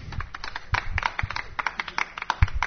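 An audience applauds: a dense, steady patter of many overlapping hand claps, moderately loud and sustained for a few seconds, with no voices over it.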